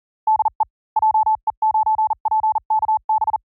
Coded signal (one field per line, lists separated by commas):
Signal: Morse code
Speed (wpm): 40 wpm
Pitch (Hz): 870 Hz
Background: none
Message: DE JE9PKB